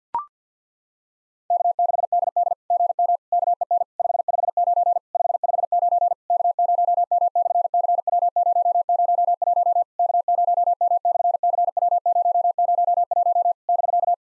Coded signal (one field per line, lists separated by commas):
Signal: Morse code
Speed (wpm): 53 wpm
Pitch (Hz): 700 Hz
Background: none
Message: K6DD GM KEN 559 559 K0M/CW001 K0M/CW001 <BK>